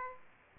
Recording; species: mosquito wingbeat signal from an infrared sensor; Aedes aegypti